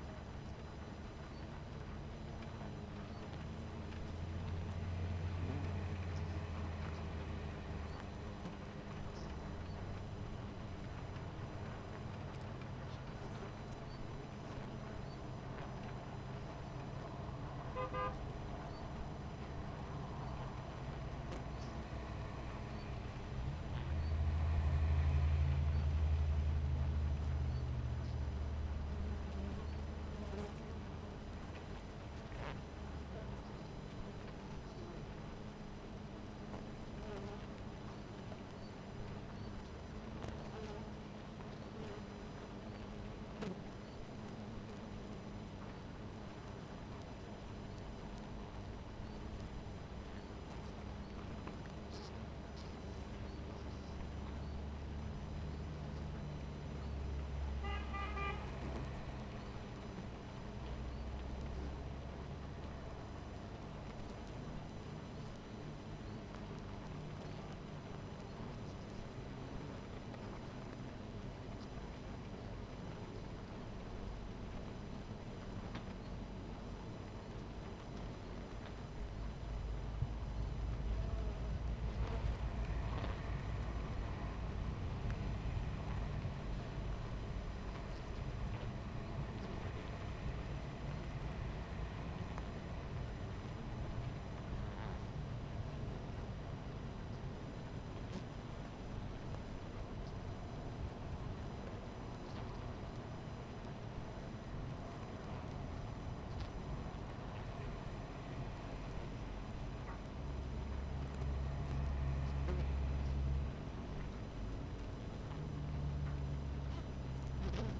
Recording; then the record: honeybee colony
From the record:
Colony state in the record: missing queen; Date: 14 July 2017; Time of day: 11:52